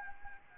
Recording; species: mosquito wingbeat signal from an infrared sensor; Anopheles arabiensis